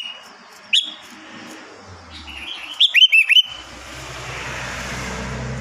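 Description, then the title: Sooty-headed bulbul singing a single clear note, then a quick phrase of four bubbly, fluty notes, followed by a steady hiss of background noise. "Kutilang"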